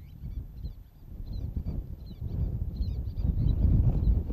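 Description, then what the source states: Interior least tern calls: a run of short, high, scratchy chirps at an irregular pace, heard over low wind rumble. Interior subspecies; walking to its nest.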